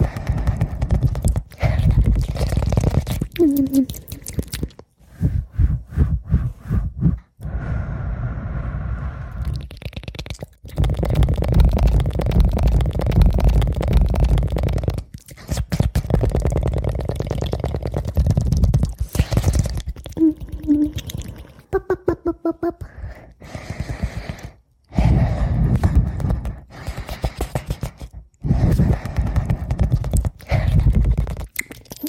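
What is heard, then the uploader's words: Rapid mouth sounds: fast runs of wet clicks, pops and tongue taps, dense and regular like clip-clopping. The bursts come in stretches of a few seconds separated by brief silences, around 5, 15 and 25 seconds, with occasional short whistly or voiced squeaks mixed in. ASMR Fastest Mouth Sounds.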